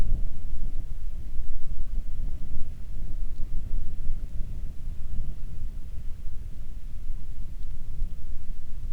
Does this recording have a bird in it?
no